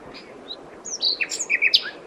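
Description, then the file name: Common nightingale song phrase with a loud burst of rapid, varied chirps and slurred whistles, each note quickly following the last. "Luscinia megarhynchos"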